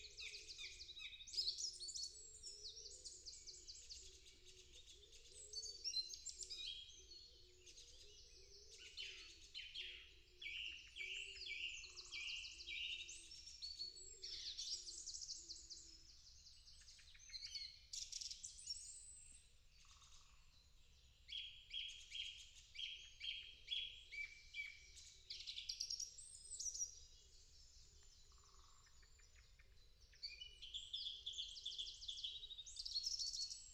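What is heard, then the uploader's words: A dawn chorus of songbirds, with a song thrush among them, fills the air with dense, overlapping high chirps and trills that carry on almost without pause. Phrases repeat in short bursts and vary in pitch. A low, soft hum sits underneath throughout. Dawn chorus. Featuring an incredible song thrush scat.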